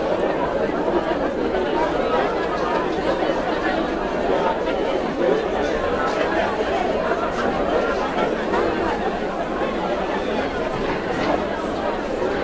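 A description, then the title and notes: A cocktail party with many voices talking at once, blending into a thick, steady murmur with no single speaker standing out. The chatter stays even in loudness throughout, with faint clinks and brief brighter bits of conversation surfacing here and there. COCKTAIL PARTY.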